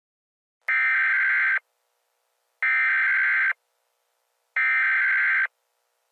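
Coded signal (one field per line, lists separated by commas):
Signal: Emergency Alert System (SAME) tones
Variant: header bursts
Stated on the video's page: Fictional EAS scenario, not meant to be realistic.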